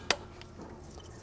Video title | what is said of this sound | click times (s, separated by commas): BMW M3 VANOS Hub Cover Replacement DIY (2008-2013 BMW E90, E92, E93 M3) | on so pre-installing the lock kind of gives you that nice audible click and you can watch them | 0.1 s